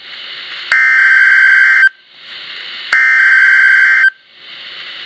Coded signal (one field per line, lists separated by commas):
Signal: Emergency Alert System (SAME) tones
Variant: header bursts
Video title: (EXTREMELY RARE!) (MUST WATCH!) CHILD ABDUCTION EMERGENCY EAS!!!! - 10/08/12